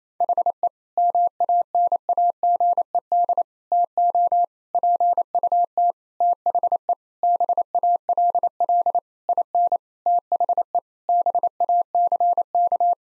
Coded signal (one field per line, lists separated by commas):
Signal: Morse code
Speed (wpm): 28 wpm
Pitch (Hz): 700 Hz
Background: none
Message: HE MANAGED TO PUT THE BALL IN THE BACK